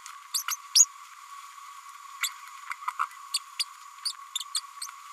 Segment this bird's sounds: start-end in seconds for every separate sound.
0.34-0.43, 0.47-0.56, 0.75-0.85, 2.22-2.29, 2.99-3.06, 3.33-3.38, 3.59-3.65, 4.54-4.60